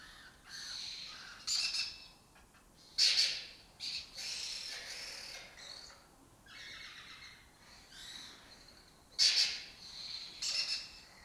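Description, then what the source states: Lesser kestrels giving harsh, rasping calls in irregular bursts, some loud and some softer. Breeding colony occupying an abandoned building complex in Doñana, southern Europe; a migratory raptor that forages in West Africa and breeds in southern Europe.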